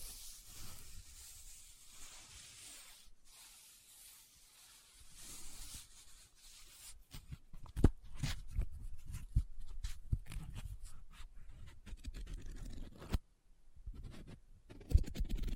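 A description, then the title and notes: Paper is handled, starting with soft, steady rubbing and scratching that fills the first six seconds. After that it turns busier, with quick crinkles and crisp snaps coming in irregular bursts, a brief quiet gap near thirteen seconds, and a sharp crackle near fifteen. ASMR Close Up Paper Sounds - Folding, Scratching, Rubbing, Crinkle No Talking.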